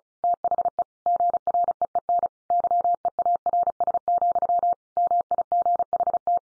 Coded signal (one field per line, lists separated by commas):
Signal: Morse code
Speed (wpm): 34 wpm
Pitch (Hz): 700 Hz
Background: none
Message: THE GREEN YEARS, MIGHT